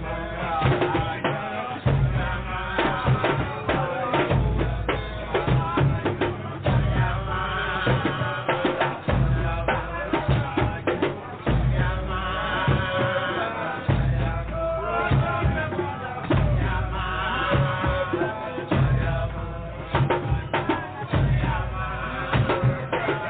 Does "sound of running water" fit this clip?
no